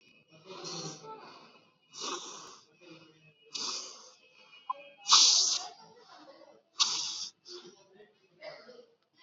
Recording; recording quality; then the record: shallow breathing; excellent, no background noise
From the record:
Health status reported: COVID-19 positive, mild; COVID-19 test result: positive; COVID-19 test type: RT-PCR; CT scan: not taken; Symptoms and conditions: cough, sore throat, fatigue, muscle pain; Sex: male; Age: 40 years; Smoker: no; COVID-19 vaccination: both doses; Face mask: worn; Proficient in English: yes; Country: India